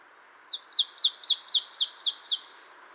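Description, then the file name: Marsh tit calling a fast, even string of high ticks paired with falling chips, roughly eight pairs in under two seconds, with faint low hiss behind. "Poecile palustris"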